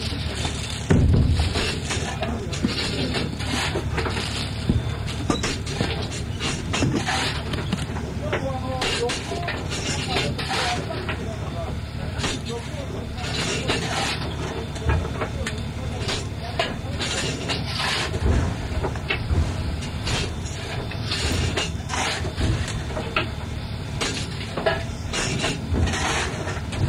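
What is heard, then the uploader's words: A steam locomotive rumbles along at close range, a dense, steady roar with heavy low churning and a constant hissing wash over the top. Rapid irregular chuffs and clanks run through the whole stretch, with brief louder bursts near the start. Steam locomotive (Short), SL-C11 蒸気機関車、SL－C11（短編）.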